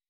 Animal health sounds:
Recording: hydrophone in a shrimp aquaculture tank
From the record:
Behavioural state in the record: weakened

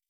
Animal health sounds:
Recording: hydrophone in a shrimp aquaculture tank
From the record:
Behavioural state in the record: feeding

